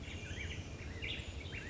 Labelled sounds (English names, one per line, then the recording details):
California Quail
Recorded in Sonoma County, California